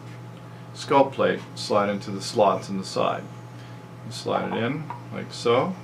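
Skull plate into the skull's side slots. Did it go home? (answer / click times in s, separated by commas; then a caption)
no / none. Someone talks while the sides of a skull plate are slid into the slots on the sides of a talking skull, with a steady low hum underneath. The plate is being handled and has not seated or clicked into place yet.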